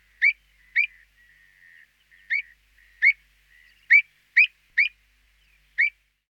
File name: Avocet (Recurvirostra avosetta)